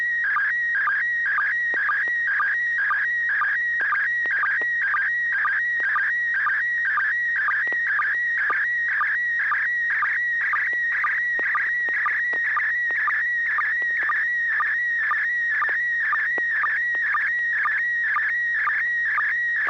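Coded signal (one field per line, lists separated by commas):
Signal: SSTV (slow-scan television)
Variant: PD120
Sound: warbling tones sliding between pitches with a regular short low chirp twice per second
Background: steady low hum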